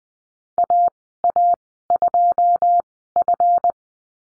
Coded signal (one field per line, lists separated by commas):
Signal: Morse code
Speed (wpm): 20 wpm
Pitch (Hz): 700 Hz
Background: none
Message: AA2F